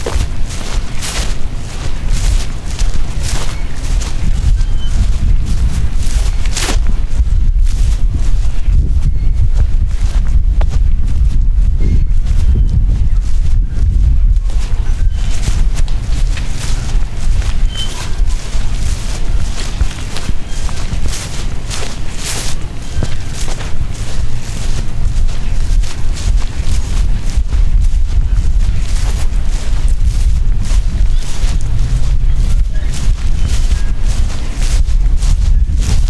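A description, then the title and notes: Footsteps crunch steadily outdoors, a dense run of bright scuffs and crackles repeating about twice a second without pause. A low rumble of wind or traffic sits underneath throughout, and the loudness stays fairly even across the whole stretch. Walking in Golden Gate Park. Lots of footsteps in grass, gravel, and on pavement.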